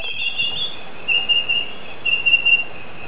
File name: Noisy Miner